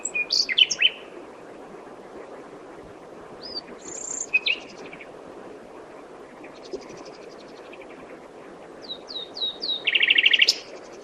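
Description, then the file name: Common nightingale song: short varied phrases of high whistles and chirps, separated by pauses, ending with a loud burst of rapidly repeated buzzy notes; steady background hiss. "Luscinia megarhynchos"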